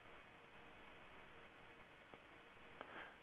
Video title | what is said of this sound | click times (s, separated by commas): Smart Net Total Care Hardware Collector - Initial Installation | to clip it in just press firmly until you hear a popping sound once it's clipped in | 2.8 s